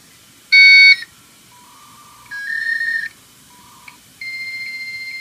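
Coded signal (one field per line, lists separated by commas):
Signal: dial-up modem handshake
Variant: 56k modem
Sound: a short multi-tone chord, brief stepping beeps, then a steady high answer tone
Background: quiet room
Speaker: type in the number which is already typed in as you can see so we will go ahead and connect all right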